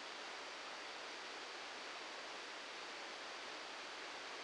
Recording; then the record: brain microelectrode recording played as sound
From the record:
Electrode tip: outside the subthalamic nucleus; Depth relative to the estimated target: 0 mm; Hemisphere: left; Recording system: NeuroSet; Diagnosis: Parkinson's disease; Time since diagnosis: 7 years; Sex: male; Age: 44 years